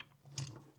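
The plastic guard extension on a VARSK 20V 12-inch cordless string trimmer and edger is handled as it is pulled out toward its guard tab. There is a brief tick at the start and a brighter, louder rattle around 0.4 seconds over a low hum. The extension has not locked into the tab yet, and nothing has seated or clicked.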